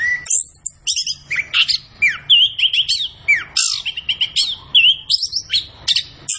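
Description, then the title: Orange-headed thrush singing varied phrases of clear whistles, some sliding down and some looping up and down, mixed with sharp high chirps and brief gaps. Indonesian songbird-keeping training recording (masteran), bird described as gacor. "Anis Kembang Gacor. Kicau Mania Masteran Anis Kembang"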